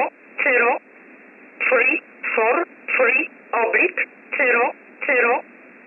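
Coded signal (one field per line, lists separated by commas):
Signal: numbers station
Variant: E11 Oblique, English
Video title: 14 07 2021 Number station E11 Oblique in English to Eu 0745 on 15720 unknown tx site in USB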